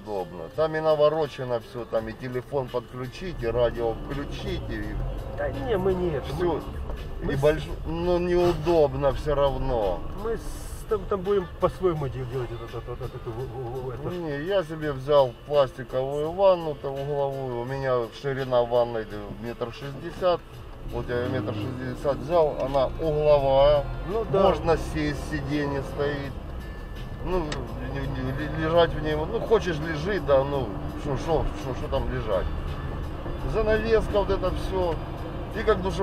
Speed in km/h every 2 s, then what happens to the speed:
0, 2, 2, 1, 0, 3, 7, 8, 7, 1, 0, 0, 8, 17, 18, 27, 28, 28.
0-9 standing. 9-13 pulls away to 8. 16-18 slows to 1. 18-22 standing. 22-25 pulls away to 17. 28-30 speeds up to 27. 30-36 steady at about 28.